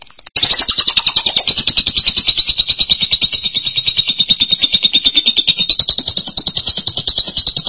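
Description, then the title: Lovebird trill: a nearly continuous, very rapid high chatter that starts a little higher, settles, and holds steady. "BM Suara Burung Lovebird"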